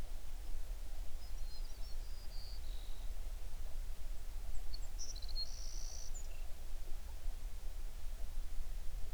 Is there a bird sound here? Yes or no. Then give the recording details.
yes. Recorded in the Prudhoe Bay oil fields, Alaska, on 11 June 2019 at 05:42. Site 21